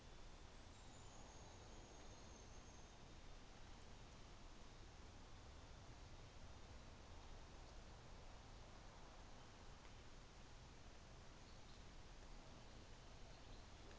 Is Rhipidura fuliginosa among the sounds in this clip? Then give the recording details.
yes. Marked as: faintness 4/5. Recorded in New Zealand on 24 December 2018. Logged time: 13:10